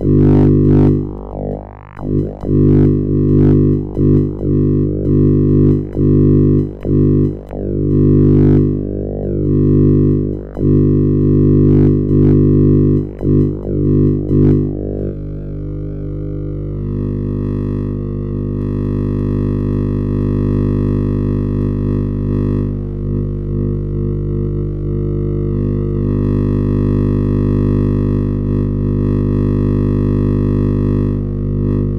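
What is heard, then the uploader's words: Dense electronic oscillator drone built from many stacked steady tones, heavy in the low and mid range. For the first fifteen seconds it is broken by rapid, irregular glitchy sweeps and stutters; after that it settles into a steadier hum with occasional small shifts in tone. Micro-timbres: oscillator x/y stochastic modulated by lossy integrators.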